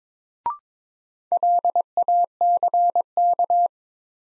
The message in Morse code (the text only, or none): LACK